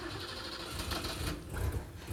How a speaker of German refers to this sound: Schnell, lass den Motor an! Komm mal rein! Rück rüber, ich fahre!